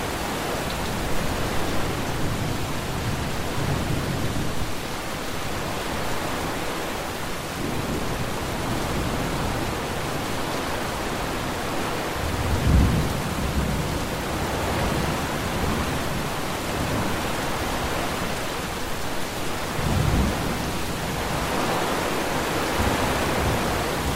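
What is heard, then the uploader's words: Steady rain hisses evenly throughout, a dense wash of fine drops with no real gaps. Low rumbles swell briefly near the middle and again around twenty seconds, like thunder, while the overall level stays nearly constant. Summer Storm by the Open Window. Sounds of Thunder and Rain.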